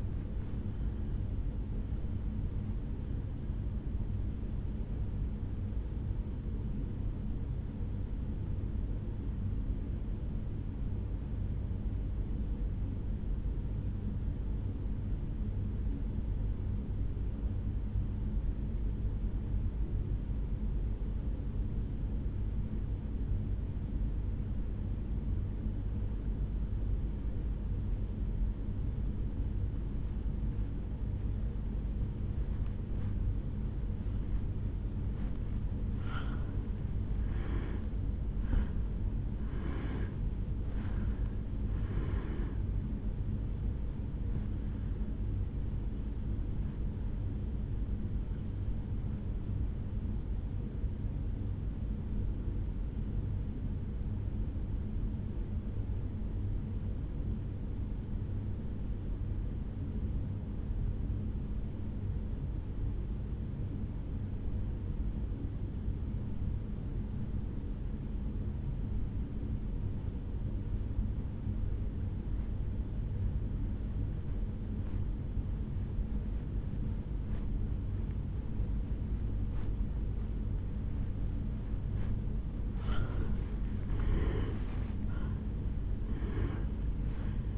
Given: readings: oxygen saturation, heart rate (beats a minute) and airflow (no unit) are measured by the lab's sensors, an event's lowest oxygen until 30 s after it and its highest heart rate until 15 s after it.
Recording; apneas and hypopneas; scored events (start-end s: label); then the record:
breathing in sleep by a smartphone at the bedside; 2
8.00-33.60 s: obstructive apnea (N2, oxygen 98% highest, then 85% lowest, heart rate 56 at the start, 77 highest)
34.00-64.00 s: new sleep stage, N1 (lightest sleep)
53.00-82.90 s: obstructive apnea (N1, oxygen 97% highest, then 81% lowest, heart rate 53 at the start, 78 highest)
64.00-87.58 s: new sleep stage, N2 (light sleep)
From the record:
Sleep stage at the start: N2 (light sleep); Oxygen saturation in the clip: 85 to 98%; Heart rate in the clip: 52 to 77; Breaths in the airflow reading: 7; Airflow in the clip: -11.1 to 7.4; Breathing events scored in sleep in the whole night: 449 in 7.0 hours asleep